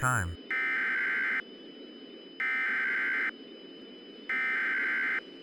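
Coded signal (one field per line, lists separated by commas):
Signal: Emergency Alert System (SAME) tones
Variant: header bursts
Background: speech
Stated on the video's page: Simulated tornado outbreak EAS scenario, a fictional recreation.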